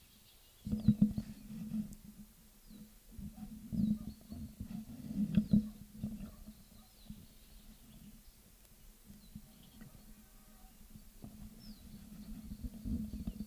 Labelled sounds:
Iberian Chiffchaff
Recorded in the wild
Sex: diverse
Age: adult
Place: Zwischen Lanestosa und La Concha (Nachbardörfer von Ramales), Nordspanien, Baskenland, ES
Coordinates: 43.2333, -3.43333
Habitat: mountain side
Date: 1964-05-05 12:35
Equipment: Nagra III PH, Parabolspiegelmikrophon, LGS26
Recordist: Faber, A. and Schneider, H.-J
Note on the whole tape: Phylloscopus collybita brehmii (alte Bezeichnung, inzwischen eigene Art). +/- Werbung: Balztriller, Laute im Flug, Lockrufe von Weibchen und Männchen

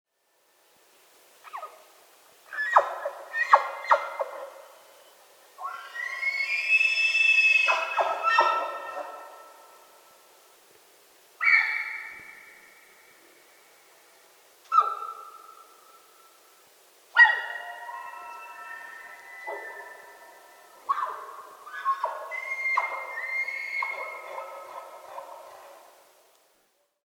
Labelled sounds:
Red Deer
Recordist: Frommolt, Karl-Heinz
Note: Bellen der Kühe und Brunftrufe der Männchen

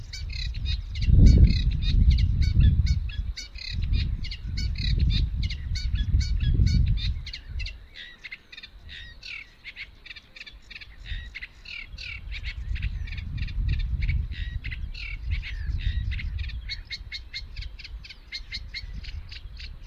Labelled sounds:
Eurasian Reed Warbler song
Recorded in the wild
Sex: male
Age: adult
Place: Warsow, Kummerower See, Mecklenburg-Vorpommern, DE
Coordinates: 53.8364, 12.8372
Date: 2012-05-24 06:03
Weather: 8°C, sunny, weak winds from NE
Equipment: Sound Devices 702, Sennheiser MKH 70, Rycote Windschutz
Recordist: Frommolt, Karl-Heinz

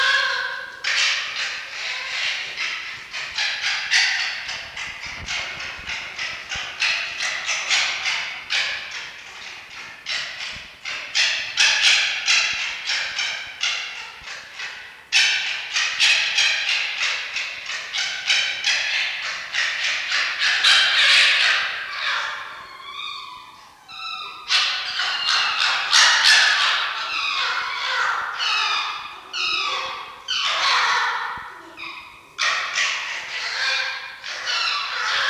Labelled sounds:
Red Fox
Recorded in captivity
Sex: male
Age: adult
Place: Zoologisches Institut der HUB, Berlin, DE
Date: 1952-11-21 18:00
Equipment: Elmetra
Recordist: Tembrock, Günter

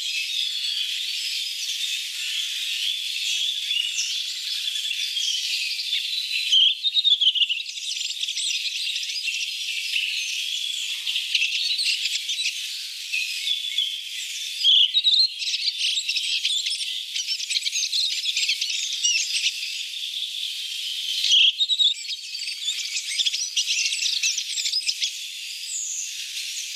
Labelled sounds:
Redwing song
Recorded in the wild
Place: Wasenweiler bis Merdingen, Baden-Württemberg, DE
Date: 1983-04-04
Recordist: Schwarz, Dieter
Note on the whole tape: Song

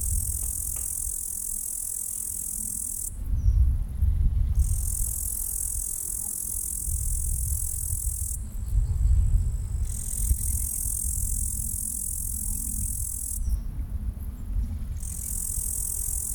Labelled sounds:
Upland Green Bush-cricket stridulation
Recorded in the wild
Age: imago
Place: Pähnitz, Thuringia, DE
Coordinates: 51.0365, 12.4784
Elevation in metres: 160
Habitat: fallow field
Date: 2024-07-29 17:28
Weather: 23°C, sunny, no wind
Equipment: Sound Devices MixPre6, 2 Sennheiser MKH8040
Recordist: Frommolt, Karl-Heinz

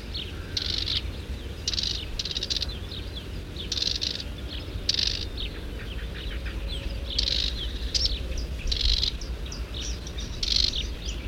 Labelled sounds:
Marsh Warbler call
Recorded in the wild
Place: Burgas, BG
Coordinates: 42.887, 26.968
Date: 1974-06-04
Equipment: Nagra III BH, Sennheiser MD 21, parabola
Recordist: Schubert, Michael

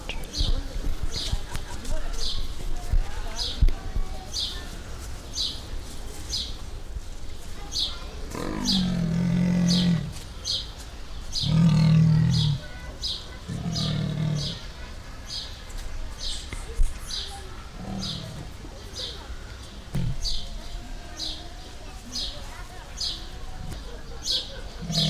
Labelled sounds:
Leopard call
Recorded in captivity
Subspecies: saxicolor
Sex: male
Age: adult
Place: Zoo Berlin, Berlin, DE
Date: 1998-06-20 13:12
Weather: partly sunny, 22°C
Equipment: Sony MD-WM MZ-R3, Sennheiser ME 80, Kopie Uher 4000 Report Monitor
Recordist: Tembrock, Günter

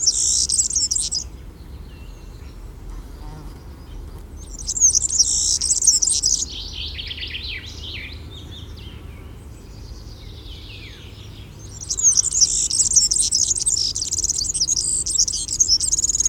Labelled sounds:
European Serin song
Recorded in the wild
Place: Schorfheide, Brandenburg, DE
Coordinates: 52.907, 13.531
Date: 1989-07-08
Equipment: Nagra III BH, Sennheiser MD 21, parabola
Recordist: Schubert, Michael

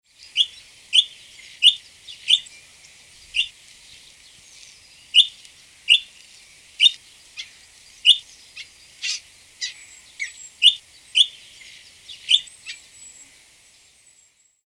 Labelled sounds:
Yellow-billed Grosbeak
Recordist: Tembrock, Günter
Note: Pfeiflaute

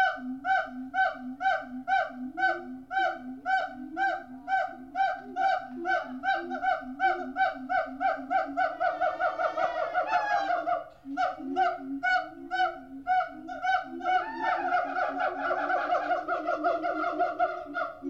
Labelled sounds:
Siamang
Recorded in captivity
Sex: diverse
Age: diverse
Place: Zoo Berlin, Berlin, DE
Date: 1987-08-13
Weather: bedeckt
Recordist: Tembrock, Günter

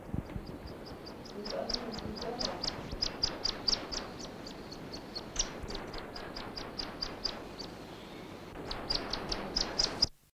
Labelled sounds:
Wood Duck call
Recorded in captivity
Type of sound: call
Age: immature
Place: Zoo Augsburg, Bayern, DE
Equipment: Halbspur, 9,5 cm/s
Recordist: Lütgens, Hans
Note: 8-tägige in Hand

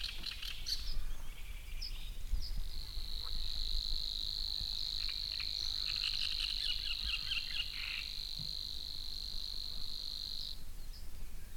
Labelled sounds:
Savi's Warbler song
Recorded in the wild
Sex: male
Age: adult
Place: Seddinsee, Berlin, DE
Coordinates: 52.38, 13.68
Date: 1989-05-19
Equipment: Uher 4400 Report Monitor, Sennheiser ME 80, K 30 AV
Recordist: Fischer, Stefan

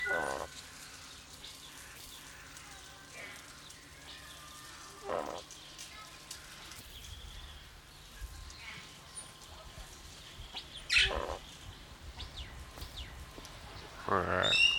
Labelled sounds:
Spix's Guan call
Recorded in captivity
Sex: male
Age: adult
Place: Zoo Berlin, Berlin, DE
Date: 1995-02-25 11:08
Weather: wolkig, 3°C
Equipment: Marantz CP 430, Sennheiser ME 80, Kopie Uher Variocord 263
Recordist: Tembrock, Günter

